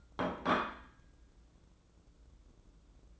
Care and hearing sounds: daily activity, microphone in the room; place plate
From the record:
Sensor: 3

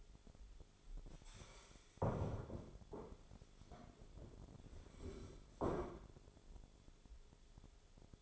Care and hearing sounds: daily activity, microphone in the room; stand up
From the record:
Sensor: 5

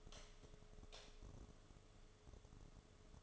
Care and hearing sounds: daily activity, microphone in the room; light off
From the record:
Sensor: 4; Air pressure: 1011.1 hPa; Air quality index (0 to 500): 148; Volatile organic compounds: 3 ppm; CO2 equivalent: 1519 ppm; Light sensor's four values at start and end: 124/325/137/142 and 123/322/136/141

